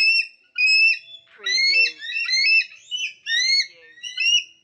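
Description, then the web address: Eagles giving high, thin whistled calls, first in two drawn-out notes, then in rapid overlapping bursts of chattering, squealing phrases. Two eagles squawking excitedly. "lynne-publishing Two eagles"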